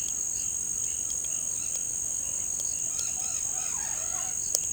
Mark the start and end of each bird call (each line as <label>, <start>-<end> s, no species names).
bird call, 2.82-4.32 s